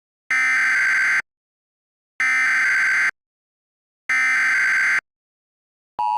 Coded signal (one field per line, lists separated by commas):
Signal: Emergency Alert System (SAME) tones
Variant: header bursts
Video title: Hanazuki: Full Of Treasures EAS Scenario - Part 5